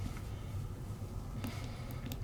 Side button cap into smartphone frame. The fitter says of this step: Make sure it clicks. Next.